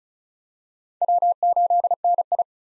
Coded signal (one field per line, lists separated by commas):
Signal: Morse code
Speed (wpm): 36 wpm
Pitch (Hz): 700 Hz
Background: none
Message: W8NI